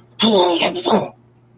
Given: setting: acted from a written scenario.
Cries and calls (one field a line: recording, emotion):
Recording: vocal sound without words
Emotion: disgust